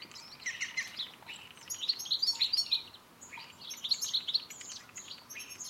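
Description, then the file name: European goldfinch twittering, high tinkling chirps in two main bursts with a brief quieter gap between. "Carduelis carduelis"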